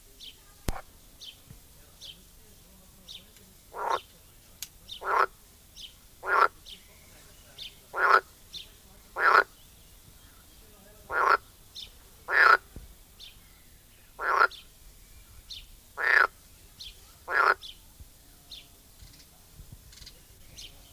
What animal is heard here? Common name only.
Edible Frog